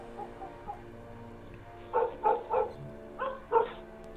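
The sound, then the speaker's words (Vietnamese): A dog in a yard barks loudly toward the gate, a burst of two or three sharp woofs, a pause, then two more, after a few faint yips at the start. “tổ tiên sư bố nó, con lu ở ngoài sân, nó mới sủa ầm lên”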